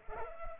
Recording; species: mosquito wingbeat signal from an infrared sensor; Culex pipiens